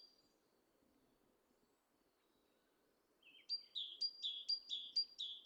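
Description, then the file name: Great tit song begins after a few quiet seconds: a quick series of sharp two-note phrases, each high note followed by a lower one, repeated steadily. "Parus major"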